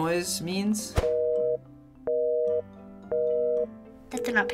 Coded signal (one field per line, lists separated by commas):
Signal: telephone call progress tone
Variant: North America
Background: speech, music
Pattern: busy tone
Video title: KIDS REACT TO ROTARY PHONES